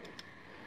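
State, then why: Seated. During reassembly of a 1909 Mauser rifle bolt, the steel bolt sleeve is given one more turn onto the bolt body. A single sharp click at 0.2 s stands out above a low, steady background as the sleeve snaps into its detent and seats in place.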